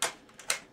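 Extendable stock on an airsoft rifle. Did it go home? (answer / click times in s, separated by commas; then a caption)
yes / 0.0 s, 0.5 s. The extendable stock on an airsoft rifle is extended with its release button, and it clicks into one of several lock positions. Sharp clicks land at 0.0 s and 0.5 s, with softer ticks in between, and the stock locks in place.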